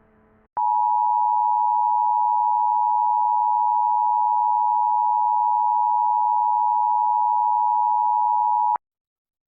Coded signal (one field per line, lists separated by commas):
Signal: Emergency Alert System (SAME) tones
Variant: 853 and 960 Hz attention tone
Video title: EAS Scenario: The Texas Derecho Remastered